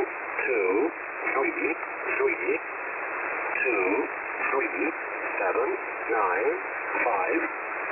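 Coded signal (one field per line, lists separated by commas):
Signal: numbers station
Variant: E07a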